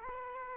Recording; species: mosquito wingbeat signal from an infrared sensor; Aedes aegypti